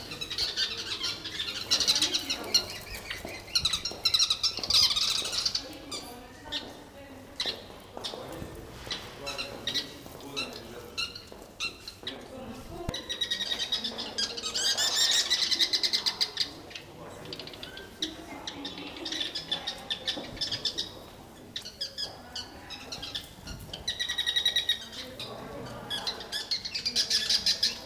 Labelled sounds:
Sociable Weaver (Philetairus socius) call
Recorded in captivity
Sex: group
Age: adult
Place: Tiergarten Wilhelma/Stuttgart, Baden-Württemberg, DE
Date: 2002-10-05 15:05
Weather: fair, 15°C
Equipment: Nagra SN, Kopie Uher 4000 Report Monitor
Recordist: Tembrock, Günter

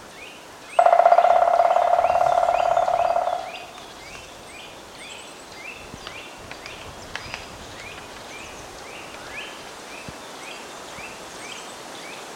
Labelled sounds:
Black Woodpecker (Dryocopus martius)
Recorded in the wild
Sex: male
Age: adult
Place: Bernau bei Berlin, Barnim, Brandenburg, DE
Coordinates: 52.6598, 13.6494
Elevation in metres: 88
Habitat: deciduous forest
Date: 2021-02-21 08:21
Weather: clear, 1-3°C, weak wind
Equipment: Olympus LS3, Olympus ME31
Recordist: Frommolt, Karl-Heinz

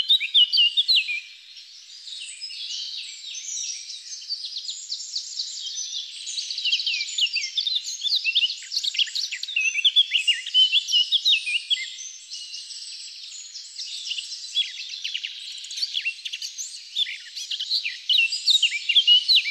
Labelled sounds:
Eurasian Blackcap (Sylvia atricapilla) song
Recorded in the wild
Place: Wasenweiler am Kaiserstuhl, Baden-Württemberg, DE
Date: 2001-04-01
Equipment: MiniDisc Sharp MT 20 H
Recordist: Schwarz, Dieter

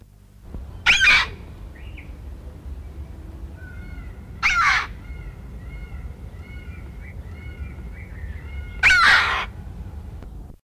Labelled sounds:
Red-billed Chough (Pyrrhocorax pyrrhocorax) call
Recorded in captivity
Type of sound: call
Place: Zoo Basel, CH
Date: 1968-07-19
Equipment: Halbspur, 9,5 cm/s
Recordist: Lütgens, Hans
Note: Rufe

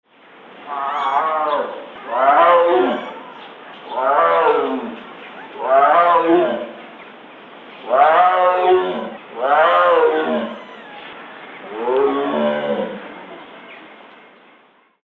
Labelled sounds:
Tiger (Panthera tigris)
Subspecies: sumatrae
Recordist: Tembrock, Günter
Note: Sumatratiger: Langlaute

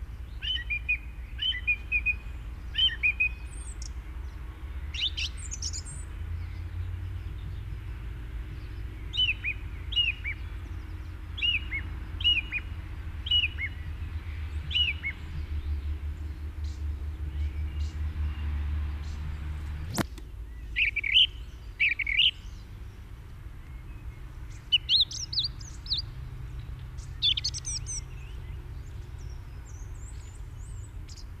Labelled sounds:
Song Thrush (Turdus philomelos) song
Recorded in the wild
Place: Garmisch-Partenkirchen, Bayern, DE
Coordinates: 47.5022, 11.0817
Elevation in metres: 847
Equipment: Uher 4000 Report
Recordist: Tretzel, Erwin

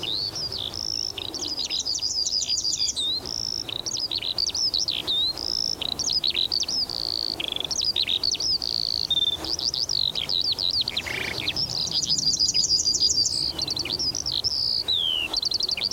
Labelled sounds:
Yellowhammer (Emberiza citrinella)
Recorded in the wild
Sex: male
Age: adult
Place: Zepernick, OT Hobrechtsfelde, Brandenburg, DE
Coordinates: 52.666, 13.495
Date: 1993-04-20 13:50
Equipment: Sony WM-D6C, Sennheiser ME 80, K 30 AV, Kopie Tascam 22-2
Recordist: Quaisser, Christiane

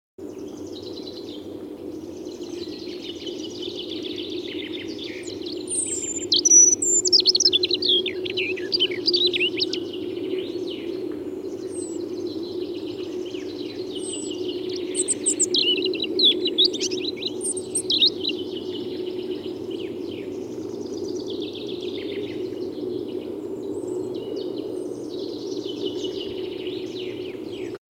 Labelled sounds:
European Robin (Erithacus rubecula) song
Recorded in the wild
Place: Rheinsberg, Insel Rügen, Mecklenburg-Vorpommern, DE
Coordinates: 53.407, 13.163
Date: 1980-04-12
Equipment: Nagra III BH, Sennheiser MD 21, parabola
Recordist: Schubert, Michael
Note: Gesang Rotkehlchen

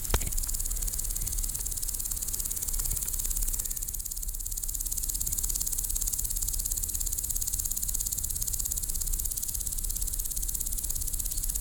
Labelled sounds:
Steppe Grasshopper (Chorthippus dorsatus) stridulation
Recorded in the wild
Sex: male
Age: imago
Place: Lienen, Nordrhein-Westfalen, DE
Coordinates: 52.145, 7.974
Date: 1991-09-21 10:53
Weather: am Gras 18,1°C, in der Sonne 29,8°C
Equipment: Marantz, Sennheiser ME 80, Kopie Tesla B 116
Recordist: Tembrock, Günter

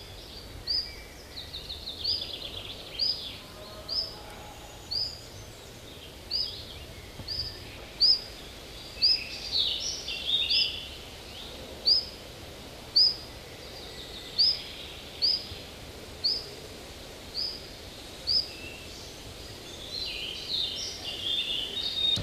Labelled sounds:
Common Chiffchaff (Phylloscopus collybita)
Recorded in the wild
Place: Emsdetten, Nordrhein-Westfalen, DE
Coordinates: 52.29, 7.56
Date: 1985-06-15
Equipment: Sony WM-D6C, Big Ear
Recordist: Skiba, Reinald
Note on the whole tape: Emsdettener Venn

